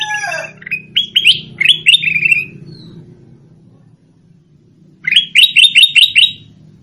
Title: Suara Burung Kutilang